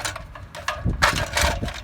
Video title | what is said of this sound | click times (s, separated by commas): Attaching a Spanner to an Extension Ladder- Warsaw, Syracuse, Goshen and Columbia City Indiana | we go I had to lift that up and now that's locked into place | 0.7 s